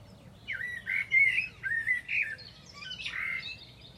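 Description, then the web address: Bird song, a flowing series of whistled and warbled notes, then after a pause a harsher buzzy phrase, low hum beneath. "Deverinetal. Bird Only"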